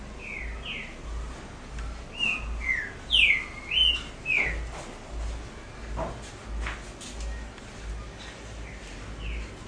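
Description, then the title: Double-collared seedeater song: a lively run of high, slurred whistled notes and short rising and falling phrases, loudest in the middle, over a steady low hum. "Canto Coleiro"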